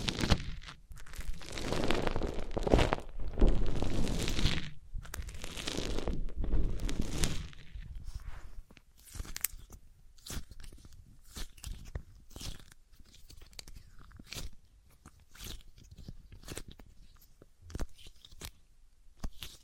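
Dense crunching and scraping of materials fills the first eight seconds, then gives way to sparse, sharp taps and clicks.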